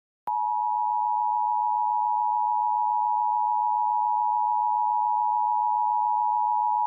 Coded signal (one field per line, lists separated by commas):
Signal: Emergency Alert System (SAME) tones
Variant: 853 and 960 Hz attention tone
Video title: WNDU Emergency Alert System (EAS) Test, 12/21/2023